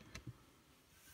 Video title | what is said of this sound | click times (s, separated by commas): Lego City 4x4 and Catamaran build and review | clicks right on easily onto one little or two little clicks | 0.1 s